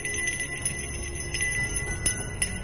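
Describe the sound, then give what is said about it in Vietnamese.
A small bell jingles with a few irregular, bright metallic clinks over a steady sustained ringing tone and a low rumbling background, with no voices. “Sau đó tiếng chuông rung lên leng ca leng keng.”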